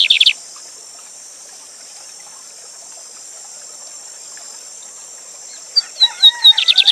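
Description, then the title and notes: Lined seedeater singing a brief buzzy trill, then after a long pause a run of sharp descending whistles and lower slurred notes, all over a constant high-pitched rushing hiss. Song tutor named Gavião Negro, singing live with a waterfall running. "Bigode Gavião Negro Professor De Canto Cantando Ao Vivo Com Cascata. Bigodinho"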